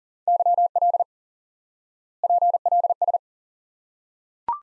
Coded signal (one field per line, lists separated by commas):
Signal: Morse code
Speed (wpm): 40 wpm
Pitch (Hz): 700 Hz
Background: none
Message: YL PLS